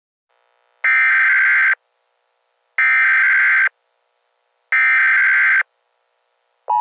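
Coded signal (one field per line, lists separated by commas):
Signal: Emergency Alert System (SAME) tones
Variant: header bursts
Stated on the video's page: Fictional alert scenario announcing that the nation is under attack.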